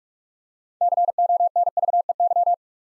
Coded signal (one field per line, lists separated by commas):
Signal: Morse code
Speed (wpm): 44 wpm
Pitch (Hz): 700 Hz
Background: none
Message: CONVEY